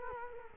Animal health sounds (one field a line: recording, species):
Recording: mosquito wingbeat signal from an infrared sensor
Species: Culex quinquefasciatus